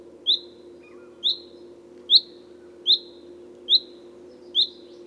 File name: Fringilla coelebs